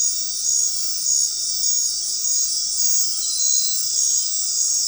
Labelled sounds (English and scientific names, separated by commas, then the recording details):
none
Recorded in dense forest near Puerto Asís, Putumayo, Colombia, on 19 February 2024 at 19:30
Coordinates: 0.500, -76.322
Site G6465